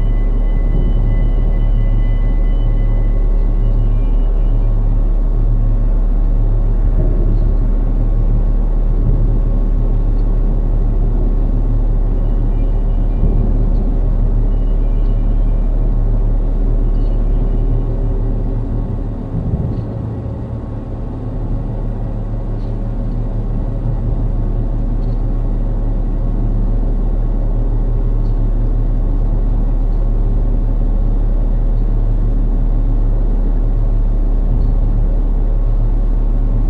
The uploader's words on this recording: Very low frequency mechanical noise, some harmonics accentuated. A field recording of a very noisy sloped travelator pitched down to 1/8th speed, with a very large reverb, these generate the vast booming sounds and strange occasional squeals and more mechanical hum.